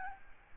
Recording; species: mosquito wingbeat signal from an infrared sensor; Aedes albopictus